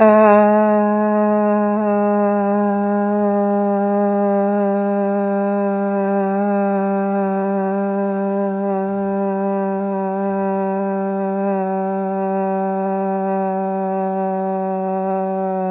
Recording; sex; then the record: sustained vowel /a/; female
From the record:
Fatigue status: no fatigue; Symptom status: symptomatic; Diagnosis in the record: COVID-19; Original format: 3gp